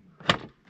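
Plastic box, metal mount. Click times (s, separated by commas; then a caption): 0.3 s. A storage box on a camper's rear door is lowered onto its quick-release mount and locked in. A sharp click at 0.3 s marks it seating, with a short rattle trailing off after. The box is seated firmly and isn't going anywhere.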